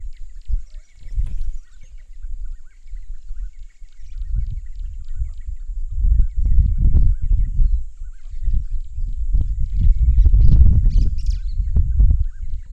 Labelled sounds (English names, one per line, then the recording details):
Superb Starling
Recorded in northern Uganda